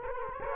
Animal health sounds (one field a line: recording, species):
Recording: mosquito wingbeat signal from an infrared sensor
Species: Culex quinquefasciatus